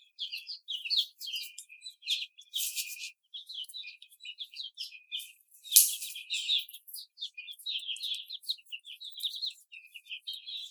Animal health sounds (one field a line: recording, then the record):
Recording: young laying hens in a cage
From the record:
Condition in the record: after the stressor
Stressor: simulated dog barking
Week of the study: 4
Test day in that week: 2